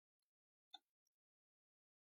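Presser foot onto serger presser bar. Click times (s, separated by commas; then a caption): 0.7 s. An elastic-guide presser foot is snapped onto a serger's metal presser bar after the previous foot is removed. A single sharp click at 0.7 s marks the foot seating, with a faint tick before it and another after. The foot is seated.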